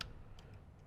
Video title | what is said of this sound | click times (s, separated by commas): Toyota Tundra Kicker 6 Speaker Plug & Play Bundle - 2007 - 2013 Toyota Tundra | Till You Hear The Click | 0.0 s